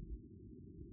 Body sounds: neck accelerometer signal played as sound; no cough (speech, laughter, throat clearing or background)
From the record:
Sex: male

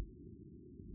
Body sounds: neck accelerometer signal played as sound; no cough (speech, laughter, throat clearing or background)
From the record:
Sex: male

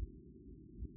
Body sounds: neck accelerometer signal played as sound; no cough (speech, laughter, throat clearing or background)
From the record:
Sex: male

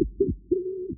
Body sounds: neck accelerometer signal played as sound; no cough (speech, laughter, throat clearing or background)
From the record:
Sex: male

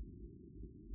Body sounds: neck accelerometer signal played as sound; no cough (speech, laughter, throat clearing or background)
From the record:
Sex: female

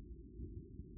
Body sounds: neck accelerometer signal played as sound; no cough (speech, laughter, throat clearing or background)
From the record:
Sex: male

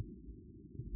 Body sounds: neck accelerometer signal played as sound; no cough (speech, laughter, throat clearing or background)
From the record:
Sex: female

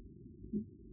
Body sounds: neck accelerometer signal played as sound; no cough (speech, laughter, throat clearing or background)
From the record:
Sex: female

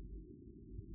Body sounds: neck accelerometer signal played as sound; no cough (speech, laughter, throat clearing or background)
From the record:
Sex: male

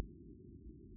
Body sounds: neck accelerometer signal played as sound; no cough (speech, laughter, throat clearing or background)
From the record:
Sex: female

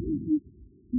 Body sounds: neck accelerometer signal played as sound; no cough (speech, laughter, throat clearing or background)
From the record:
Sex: male

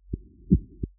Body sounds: neck accelerometer signal played as sound; voluntary cough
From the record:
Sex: male

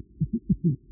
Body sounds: neck accelerometer signal played as sound; voluntary cough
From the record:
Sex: male

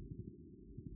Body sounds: neck accelerometer signal played as sound; no cough (speech, laughter, throat clearing or background)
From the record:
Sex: male

